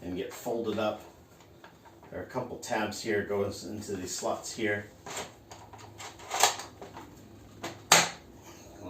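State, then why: Seated. Someone talks while pushing the tabs of a plastic panel on a large transforming toy figure into matching slots, with a few small knocks and taps as it is fiddled into position. One loud, sharp snap at 7.9 seconds marks the panel clicking into place, seated.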